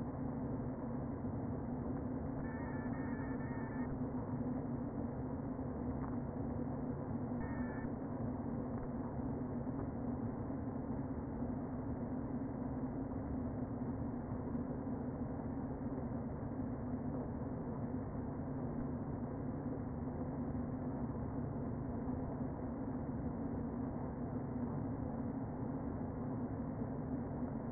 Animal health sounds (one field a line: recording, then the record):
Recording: honeybee colony, microphone inside the hive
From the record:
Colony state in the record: queen present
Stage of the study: before two queens were removed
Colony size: about 60,000 bees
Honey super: yes